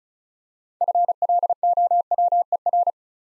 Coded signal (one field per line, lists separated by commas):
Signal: Morse code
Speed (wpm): 36 wpm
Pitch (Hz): 700 Hz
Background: none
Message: FLOWER